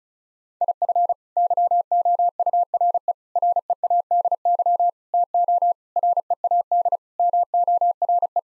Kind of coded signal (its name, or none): Morse code